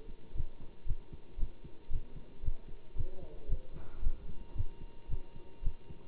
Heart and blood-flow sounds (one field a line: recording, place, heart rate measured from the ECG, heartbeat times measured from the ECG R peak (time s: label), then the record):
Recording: heart sounds by stethoscope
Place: between the tricuspid and mitral areas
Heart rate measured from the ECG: 114 bpm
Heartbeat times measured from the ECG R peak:
0.34 s: heartbeat
0.85 s: heartbeat
1.37 s: heartbeat
1.89 s: heartbeat
2.42 s: heartbeat
2.95 s: heartbeat
3.48 s: heartbeat
4.01 s: heartbeat
4.54 s: heartbeat
5.08 s: heartbeat
5.62 s: heartbeat
From the record:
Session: Bruce protocol treadmill stress test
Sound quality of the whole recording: good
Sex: male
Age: 25 years